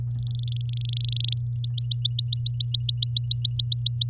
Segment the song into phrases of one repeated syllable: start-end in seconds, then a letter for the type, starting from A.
0.11-1.39 A, 1.53-4.10 B